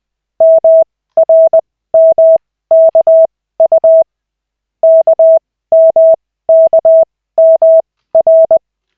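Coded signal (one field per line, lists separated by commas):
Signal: Morse code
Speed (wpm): 20 wpm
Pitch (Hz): 650 Hz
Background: none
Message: MRMKU KMKMR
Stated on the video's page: Morse practice in a Koch-method lesson with 3 characters at 40, generated by an online CW training site in a 5-minute session.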